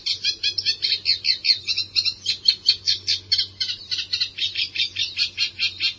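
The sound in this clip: Bird calls: a rapid, dense stream of high chirps, several notes each second, running without a break over a faint steady low hum.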